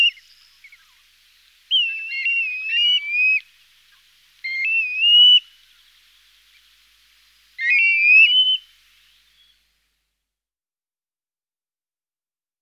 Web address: PIVIERE ARGENTATO